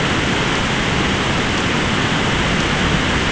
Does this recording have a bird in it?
no